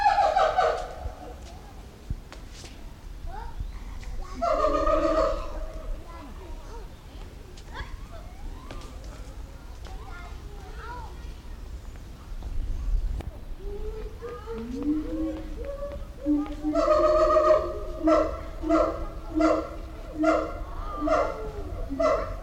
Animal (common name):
Siamang